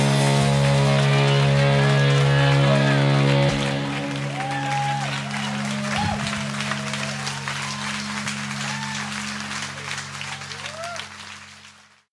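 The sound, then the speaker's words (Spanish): A live band's final sustained chord rings out at the end of a live version of a song, then a concert crowd breaks into dense, steady applause with scattered cheers and whoops, gradually thinning and fading away. “Sí, se oían los aplausos al final, porque era una versión en vivo de este tema, aunque no lo parece.”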